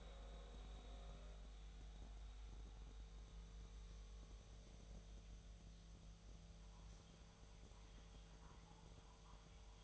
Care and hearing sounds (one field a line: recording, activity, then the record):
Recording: daily activity, microphone in the room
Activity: make coffee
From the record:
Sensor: 3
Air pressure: 1009.4 hPa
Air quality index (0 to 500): 198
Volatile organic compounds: 17 ppm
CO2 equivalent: 2569 ppm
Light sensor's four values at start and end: 33/84/35/38 and 33/83/35/38